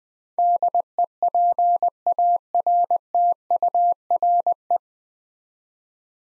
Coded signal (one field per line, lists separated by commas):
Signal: Morse code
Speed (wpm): 21 wpm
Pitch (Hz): 700 Hz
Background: none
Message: DEPARTURE